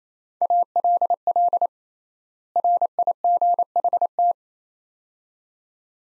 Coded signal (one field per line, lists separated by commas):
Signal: Morse code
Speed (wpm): 28 wpm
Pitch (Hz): 700 Hz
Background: none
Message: ALL RIGHT